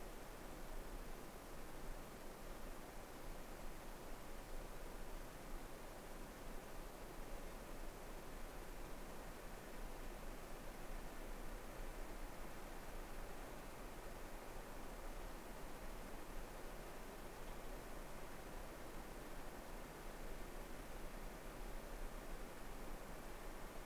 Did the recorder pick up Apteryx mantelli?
no